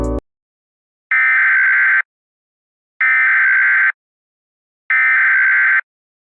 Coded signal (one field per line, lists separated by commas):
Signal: Emergency Alert System (SAME) tones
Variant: header bursts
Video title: EAS Scenario #8: The Easter Killings